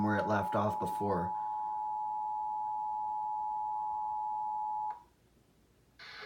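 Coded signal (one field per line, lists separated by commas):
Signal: Emergency Alert System (SAME) tones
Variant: 853 and 960 Hz attention tone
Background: speech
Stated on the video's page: National EAS Test audio aired on a Chicago CBS television affiliate, abruptly cut off twice.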